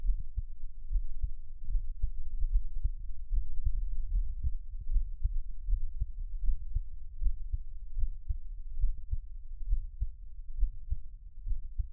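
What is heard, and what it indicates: Deep, muffled thumps repeat at a steady rhythm of roughly 75 beats a minute, with a soft low rumble between them. This is an ordinary adult heartbeat heard close to the body as ASMR, with no talking.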